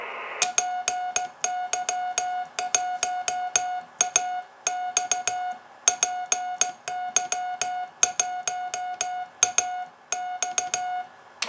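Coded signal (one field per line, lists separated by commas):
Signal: Morse code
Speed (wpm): 15 wpm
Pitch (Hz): 730 Hz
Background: none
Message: PY1AX PY1AX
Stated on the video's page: CW contact heard on a TS-130S transceiver, DX.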